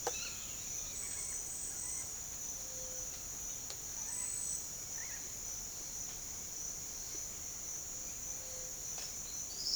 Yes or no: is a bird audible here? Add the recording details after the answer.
yes. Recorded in secondary vegetation near Puerto Asís, Putumayo, Colombia, on 8 March 2025 at 08:00. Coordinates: 0.488, -76.319. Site G095